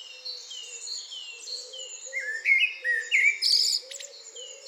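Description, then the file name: Eurasian blackbird whistling a rich phrase of slurred notes around midway, ending in a harsh twitter; thin, high calls of other birds continue behind. "Turdus merula"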